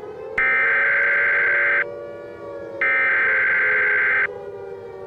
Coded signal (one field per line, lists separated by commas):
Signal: Emergency Alert System (SAME) tones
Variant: header bursts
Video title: The Unknown Launch: Global Destruction- An EAS Scenario (Alternate Ending)